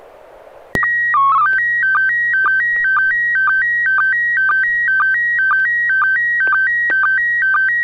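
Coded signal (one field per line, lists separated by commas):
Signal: SSTV (slow-scan television)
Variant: PD 120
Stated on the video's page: SSTV net held on a 441.300 MHz FM repeater in Sacramento, using MMSSTV software.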